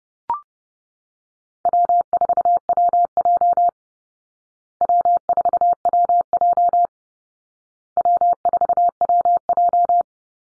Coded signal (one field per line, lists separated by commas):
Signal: Morse code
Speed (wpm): 30 wpm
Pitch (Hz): 700 Hz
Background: none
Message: W4WJ W4WJ W4WJ